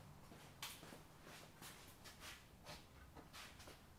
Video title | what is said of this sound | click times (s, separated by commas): GEN 2 Hoist A Cart video instructions Part 2 Lifting Storage Removal of your Jeep Wrangler Hardtop | I can hear that click into place, and I know that spring pin has gone into the hole. | 0.6 s